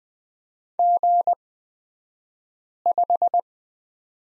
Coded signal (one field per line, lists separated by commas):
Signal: Morse code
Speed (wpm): 20 wpm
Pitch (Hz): 700 Hz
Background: none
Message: G5